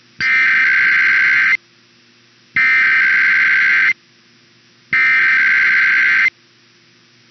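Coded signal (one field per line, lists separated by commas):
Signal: Emergency Alert System (SAME) tones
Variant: header bursts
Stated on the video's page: Real Required Weekly Test captures from two broadcast stations.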